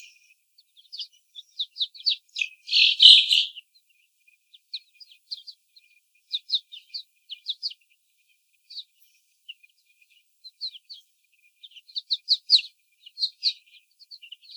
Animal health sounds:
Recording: young laying hens in a cage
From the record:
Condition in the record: before the stressor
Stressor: sudden umbrella opening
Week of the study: 3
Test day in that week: 2

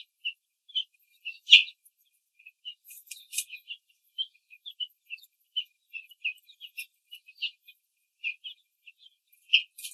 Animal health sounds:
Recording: young laying hens in a cage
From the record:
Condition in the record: control cage, after the stress test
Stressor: none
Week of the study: 4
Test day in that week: 3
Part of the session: 3

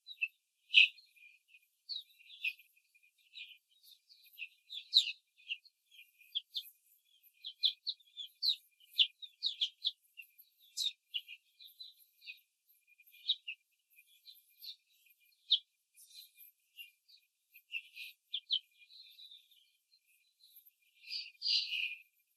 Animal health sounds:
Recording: young laying hens in a cage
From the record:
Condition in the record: control cage, before the stress test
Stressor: none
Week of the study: 4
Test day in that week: 1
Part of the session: 2

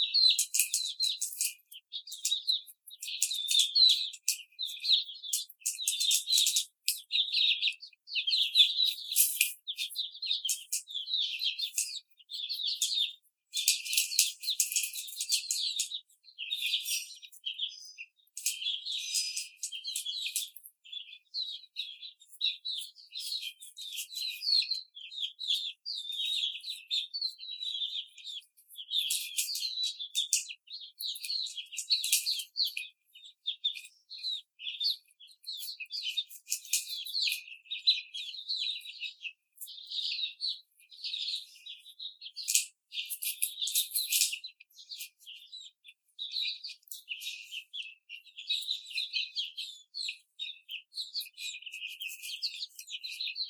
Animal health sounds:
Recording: young laying hens in a cage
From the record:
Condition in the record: after the stressor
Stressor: simulated dog barking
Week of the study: 4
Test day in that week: 2

